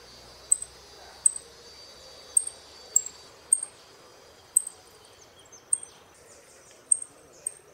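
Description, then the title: Saffron finch: sharp, high-pitched single chips spaced roughly a second apart. "Jilguero Argentino"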